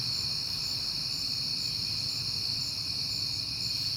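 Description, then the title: Cricket chorus: dense, unbroken high trilling from many insects, over a soft low background hum. Crickets recorded on a peaceful night in September. "Night Time: Crickets and Passing Cars"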